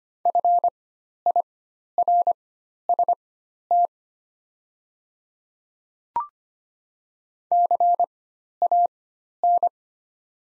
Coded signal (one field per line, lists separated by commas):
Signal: Morse code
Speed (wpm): 25 wpm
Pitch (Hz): 700 Hz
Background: none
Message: FIRST CAN